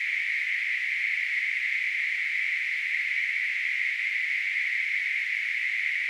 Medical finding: Tinnitus.